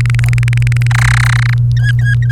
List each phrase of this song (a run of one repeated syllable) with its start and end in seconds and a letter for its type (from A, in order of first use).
0.00-0.87 A, 0.90-1.54 B, 1.77-2.31 C